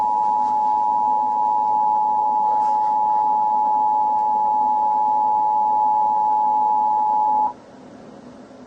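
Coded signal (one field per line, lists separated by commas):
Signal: Emergency Alert System (SAME) tones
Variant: 853 and 960 Hz attention tone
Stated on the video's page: Simulated EAS scenario with a civil danger warning, shelter in place warning, emergency action notification and emergency message advisory.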